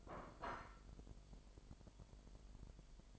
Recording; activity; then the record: daily activity, microphone in the room; place plate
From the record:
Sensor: 5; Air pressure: 1002.1 hPa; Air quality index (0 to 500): 224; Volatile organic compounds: 28 ppm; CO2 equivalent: 2918 ppm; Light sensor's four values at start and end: 10/24/10/11 and 10/24/10/11